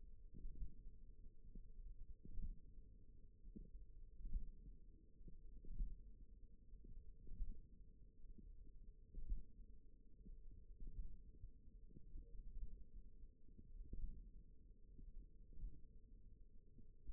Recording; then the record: forearm muscle sounds (acoustic myography)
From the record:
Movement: hook grip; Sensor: system 1, eight BSWA MPA416 microphones around the upper forearm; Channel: 1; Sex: female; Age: 20 years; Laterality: right